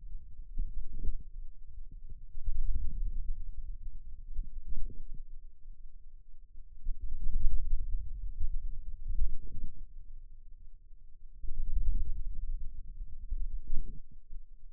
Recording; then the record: forearm muscle sounds (acoustic myography)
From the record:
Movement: wrist flexion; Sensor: system 2, bracelet of six BSWA MPA416 microphones around the upper forearm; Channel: 6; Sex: male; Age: 22 years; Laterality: right